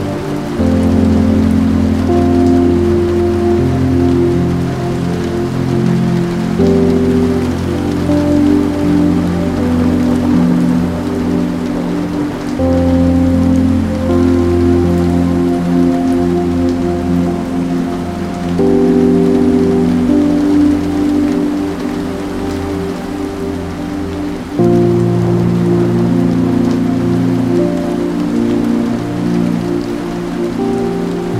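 Rain patters steadily against windows, a dense, even hiss spread through the whole clip. Underneath, sustained low tones hold and shift to new chords about every six seconds, around 6, 12, 18 and 24 seconds. No clear thunder stands out.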